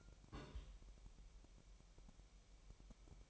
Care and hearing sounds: daily activity, microphone in the room; place on stove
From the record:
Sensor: 1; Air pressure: 1002.0 hPa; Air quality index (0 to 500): 246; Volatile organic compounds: 51 ppm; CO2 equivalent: 3304 ppm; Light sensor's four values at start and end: 5/13/5/6 and 5/13/5/6

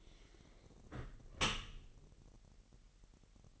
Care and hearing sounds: daily activity, microphone in the room; close dishwasher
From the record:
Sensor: 4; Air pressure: 1001.5 hPa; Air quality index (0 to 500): 248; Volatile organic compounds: 41 ppm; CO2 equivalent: 3169 ppm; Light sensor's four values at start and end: 8/18/7/6 and 8/18/7/6

